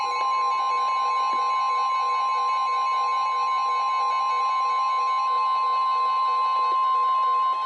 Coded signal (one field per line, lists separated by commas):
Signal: Emergency Alert System (SAME) tones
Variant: 1050 Hz attention tone